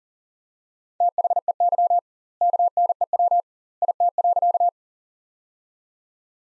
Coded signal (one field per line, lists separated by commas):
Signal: Morse code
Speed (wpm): 40 wpm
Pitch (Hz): 700 Hz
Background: none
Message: THEY KNEW IT.